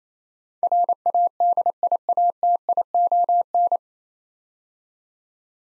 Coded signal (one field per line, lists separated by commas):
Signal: Morse code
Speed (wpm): 28 wpm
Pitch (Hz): 700 Hz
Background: none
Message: RADIATION